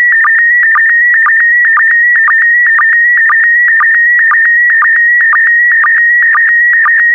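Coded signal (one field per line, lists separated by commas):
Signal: SSTV (slow-scan television)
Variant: PD120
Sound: steady warbling whistle around 2 kHz with regular low blips about twice a second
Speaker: complete. You can now check your decoded image against the picture that is shown on the video.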